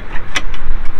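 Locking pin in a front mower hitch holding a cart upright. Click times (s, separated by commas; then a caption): 0.4 s. A metal locking pin is slid through the front hitch of a mower to lock a cart raised into its upright transport mode. A sharp metallic clink at 0.4 s marks the pin seating, followed by a softer tap at 0.5 s over low background rumble. The cart is locked in place.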